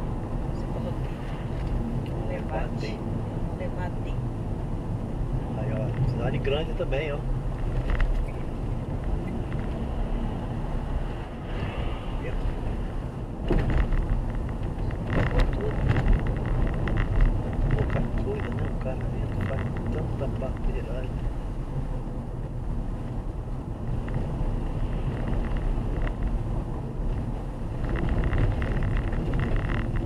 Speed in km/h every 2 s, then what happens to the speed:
45, 45, 45, 48, 51, 52, 50, 52, 49, 47, 46, 46, 47, 45, 37.
0-24 steady at about 47. 24-30 slows to 37.